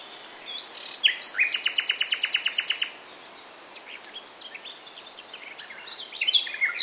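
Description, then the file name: Common nightingale song with a loud, even trill of many rapid identical notes, followed by a pause and a rising burst of varied notes. "Luscinia megarhynchos"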